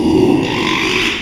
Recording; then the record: squeal of a Yucatan mini pig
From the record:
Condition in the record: after surgery on the right vocal fold (resection and tissue-engineered implant); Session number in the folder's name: 1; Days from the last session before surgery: 6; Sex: male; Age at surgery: 12 weeks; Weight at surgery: 13 kg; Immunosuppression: cyclosporine, prednisolone